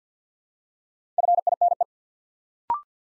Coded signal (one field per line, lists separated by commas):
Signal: Morse code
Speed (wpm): 48 wpm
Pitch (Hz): 700 Hz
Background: none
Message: FINE